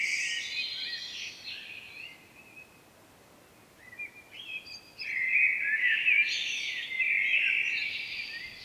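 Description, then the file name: Common blackbird with a fluty phrase, a few faint high notes, then a louder, longer warble. "Turdus merula"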